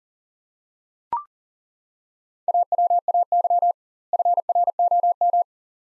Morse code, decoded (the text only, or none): AWAY FROM